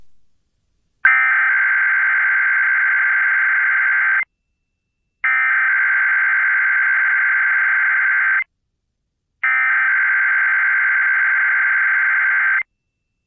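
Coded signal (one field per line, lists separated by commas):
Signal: Emergency Alert System (SAME) tones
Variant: header bursts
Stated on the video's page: Required monthly test relayed by KPBX-FM Spokane, recorded from the station's online live stream.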